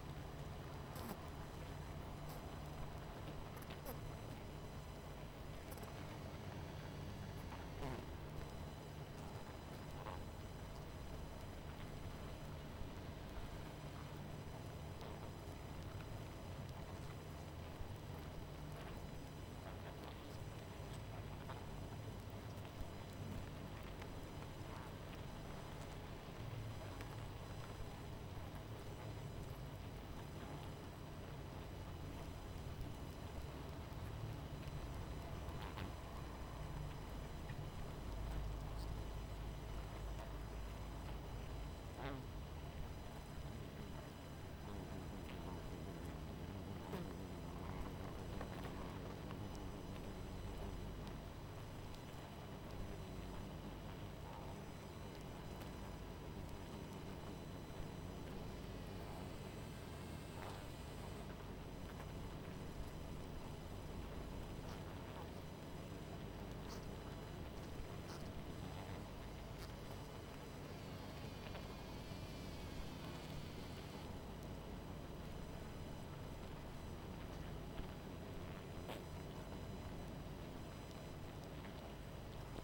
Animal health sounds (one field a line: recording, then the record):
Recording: honeybee colony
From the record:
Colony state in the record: missing queen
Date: 14 July 2017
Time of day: 23:00